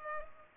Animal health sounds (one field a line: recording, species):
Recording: mosquito wingbeat signal from an infrared sensor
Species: Culex pipiens